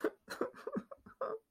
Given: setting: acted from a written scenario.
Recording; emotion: vocal sound without words; sadness